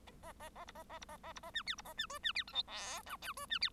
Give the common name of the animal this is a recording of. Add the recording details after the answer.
Bengalese Finch. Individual Bird1